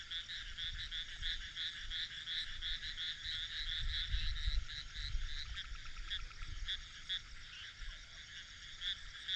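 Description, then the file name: Frog chorus of rapid rattling pulses, with a low rumbling background swelling in the middle. "grenouilles"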